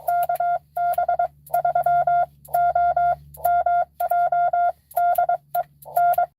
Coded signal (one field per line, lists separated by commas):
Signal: Morse code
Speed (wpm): 20 wpm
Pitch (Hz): 700 Hz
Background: none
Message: KB3OMJ DE N